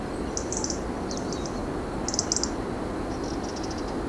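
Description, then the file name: European robin giving short, high ticking bursts about once a second, some quieter than others, with a broad hiss underneath. "Erithacus rubecula"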